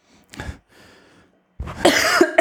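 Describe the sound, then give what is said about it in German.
A short sharp cough, a brief quieter rasping breath, then a louder, longer harsh cough with a rough, throaty tone. No one speaks. “Ja, wenn du husten musst, du husten.”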